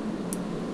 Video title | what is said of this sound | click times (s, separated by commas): CPU MINING Make Over - More Room For More RIGS!!!! | of wiggle it around till we find it there we go and there clicked | 0.3 s